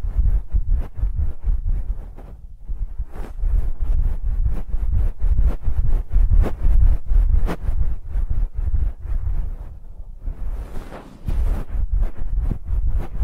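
Ear massage sounds: dense, rapid rubbing and tapping strokes packed across the clip, heavy and low with crisp bright clicks on top. The strokes come in quick irregular bursts, with brief softer pauses around two and a half seconds and again near ten to eleven seconds.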